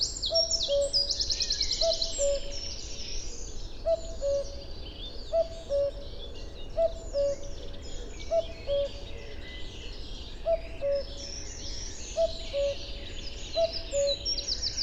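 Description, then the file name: Common cuckoo calling its two-note cu-coo, the second note slightly lower, repeated every second or two, with high twittering songbirds behind. Mono recording made outdoors in nature with a Wildtronics microphone. "Mono Natur Kuckuck"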